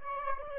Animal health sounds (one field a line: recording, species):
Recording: mosquito wingbeat signal from an infrared sensor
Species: Aedes aegypti